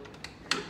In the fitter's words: so that's that's your miter measurement and there's a nice automatic click in place uh setting for 45 on this saw